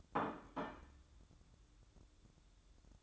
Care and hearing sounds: daily activity, microphone in the room; place plate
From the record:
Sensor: 3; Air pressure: 1007.5 hPa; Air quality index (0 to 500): 58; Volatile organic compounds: 1 ppm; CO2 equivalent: 605 ppm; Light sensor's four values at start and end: 10/24/10/10 and 10/24/10/10

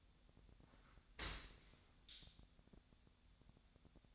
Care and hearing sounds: daily activity, microphone in the room; open dishwasher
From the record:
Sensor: 3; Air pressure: 1006.6 hPa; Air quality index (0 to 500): 208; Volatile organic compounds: 19 ppm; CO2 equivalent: 2656 ppm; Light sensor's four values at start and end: 11/25/10/10 and 11/25/10/10

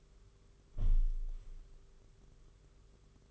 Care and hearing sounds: daily activity, microphone in the room; close window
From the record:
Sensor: 4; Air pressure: 991.2 hPa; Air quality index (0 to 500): 153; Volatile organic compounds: 103 ppm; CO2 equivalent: 3775 ppm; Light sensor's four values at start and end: 6/14/5/6 and 6/14/5/6

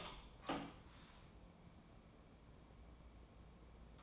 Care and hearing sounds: daily activity, microphone in the room; open door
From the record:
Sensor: 1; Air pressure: 1012.4 hPa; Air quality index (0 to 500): 162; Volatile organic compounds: 3 ppm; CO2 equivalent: 1327 ppm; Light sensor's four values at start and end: 860/1780/862/956 and 870/1799/872/967

